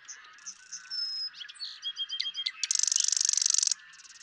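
Marsh Wren singing: thin whistles and squeaky notes, then a loud, harsh buzzing trill lasting about a second.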